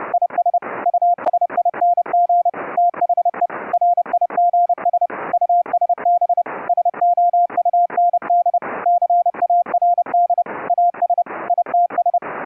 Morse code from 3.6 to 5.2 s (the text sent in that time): RIGS